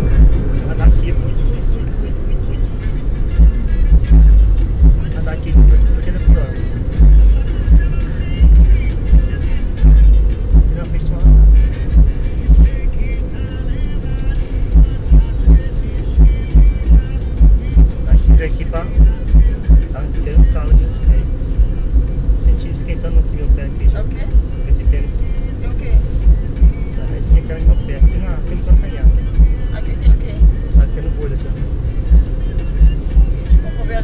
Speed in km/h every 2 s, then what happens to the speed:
103, 86, 85, 86, 81, 77, 76, 75, 71, 68, 66, 65, 67, 69, 69, 69, 71.
0-2 brakes to 86. 6-19 slows to 66. 19-34 steady at about 69.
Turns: none.